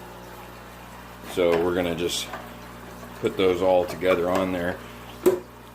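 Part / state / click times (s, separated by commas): plastic filter extension piece into aquarium hang-on filter / seated / 5.3 s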